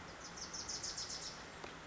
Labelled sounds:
Bewick's Wren (Thryomanes bewickii)

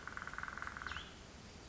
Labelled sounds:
Cassin's Vireo (Vireo cassinii)

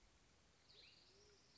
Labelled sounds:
Band-tailed Pigeon (Patagioenas fasciata)

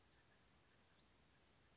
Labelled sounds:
Western Flycatcher (Empidonax difficilis)

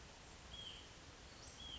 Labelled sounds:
Hutton's Vireo (Vireo huttoni)

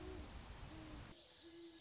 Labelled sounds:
Great Horned Owl (Bubo virginianus)

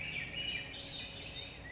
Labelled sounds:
Swainson's Thrush (Catharus ustulatus)

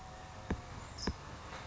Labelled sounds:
California Towhee (Melozone crissalis)

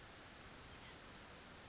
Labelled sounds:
Chestnut-backed Chickadee (Poecile rufescens)

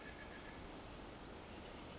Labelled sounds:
Western Flycatcher (Empidonax difficilis)

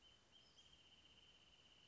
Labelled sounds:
Wrentit (Chamaea fasciata)

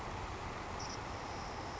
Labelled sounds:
Savannah Sparrow (Passerculus sandwichensis)

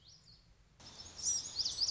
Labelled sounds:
Lazuli Bunting (Passerina amoena)

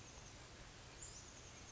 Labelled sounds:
Oak Titmouse (Baeolophus inornatus)

